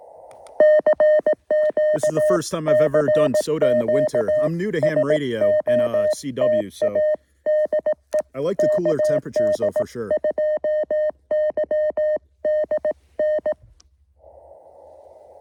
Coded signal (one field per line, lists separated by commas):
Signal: Morse code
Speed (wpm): 18 wpm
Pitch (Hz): 620 Hz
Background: speech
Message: CQ CQ SOTA DE KD2YDN